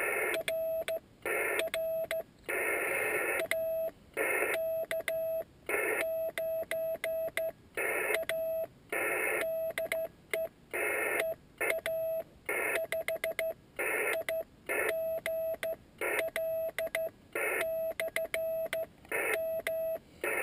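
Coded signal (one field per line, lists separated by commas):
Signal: Morse code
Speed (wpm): 14 wpm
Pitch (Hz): 650 Hz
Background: radio noise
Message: RR AK9A DE EA5IGL/M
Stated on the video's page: QRP CW contact on 21 MHz at 4 W, sent with a homemade vertical straight key on a Yaesu 817ND with an MFJ antenna and 500 Hz Collins filter.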